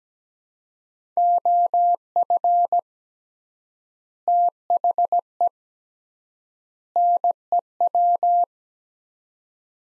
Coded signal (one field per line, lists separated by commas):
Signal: Morse code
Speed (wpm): 17 wpm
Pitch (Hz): 700 Hz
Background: none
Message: OF THE NEW